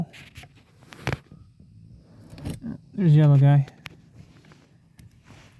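A yellow airbag connector is handled at its bracket on the driver's seat frame of a 2010 Ford Fusion during a seat replacement. Someone talks, with soft plastic taps and scrapes around 1.1 s and 2.4 s and a brief sharp tick near 3.9 s. Nothing has seated or clicked yet.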